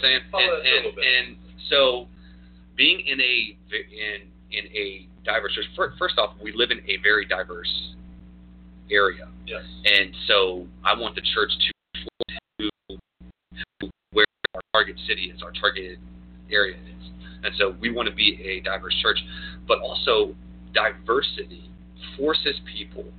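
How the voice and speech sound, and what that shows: A man in his mid-thirties, a pastor who has stuttered since childhood, speaks with repeated starting sounds, stretched sounds and long silent blocks before words, typical of stuttering. Fluency varies from day to day.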